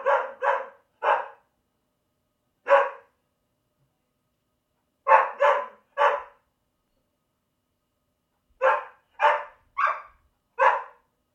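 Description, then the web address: Dog barking: a quick run of three barks, a lone bark, another run of three, then a final run of four, about twelve barks in all. "Tom Hutchings Dog Barking 1"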